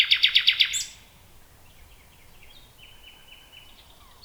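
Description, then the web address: Common nightingale song opening with a fast series of loud harsh pulses, then quieter thin whistled notes against background hiss. "nachtegaal luscinia megarhynchos"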